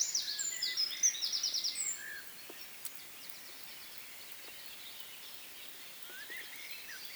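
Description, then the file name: Eurasian wren song: a fast, high run of trilled notes for about two seconds, then it stops. "Troglodytes troglodytes"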